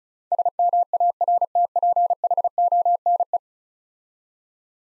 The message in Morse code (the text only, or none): SMARTPHONE